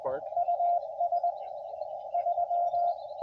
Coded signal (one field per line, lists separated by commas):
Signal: Morse code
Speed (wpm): 22 wpm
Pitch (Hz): 690 Hz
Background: speech, radio noise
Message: US 3